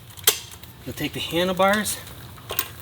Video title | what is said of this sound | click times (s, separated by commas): All NEW LECTRIC XP 3.0 E-BIKE! (JUST Released) Did It Change Our Minds? | bike like this and then you'll go ahead and lock this in | 0.3 s